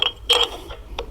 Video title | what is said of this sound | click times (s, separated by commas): Motosiklet Aksesuarları, Carpuride BMW Carplay, Shoei Novatec 3 - SENA Com. ve Diğer Aksesuarlar | Şu güzelliğe bak ya üstündekini de takmadan oturdu | 0.0 s, 1.0 s